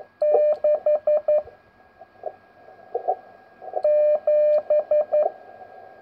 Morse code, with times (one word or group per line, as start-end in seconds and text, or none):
0.2-1.4 6
3.8-5.2 7